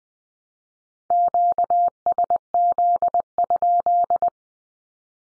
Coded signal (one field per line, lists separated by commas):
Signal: Morse code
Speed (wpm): 20 wpm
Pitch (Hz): 700 Hz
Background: none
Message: QSZ?